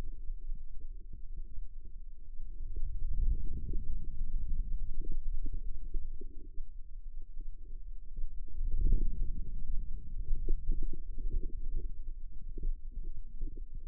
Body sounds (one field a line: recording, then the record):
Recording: forearm muscle sounds (acoustic myography)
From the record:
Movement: ulnar deviation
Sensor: system 2, bracelet of six BSWA MPA416 microphones around the upper forearm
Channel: 5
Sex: female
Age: 25 years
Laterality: right